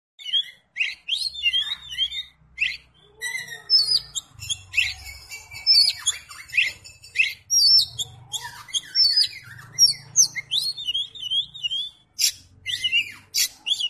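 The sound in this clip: Oriental magpie-robin song, a rich run of varied high whistles, chirps and trills in quick bursts with brief pauses, with a faint low rumble underneath.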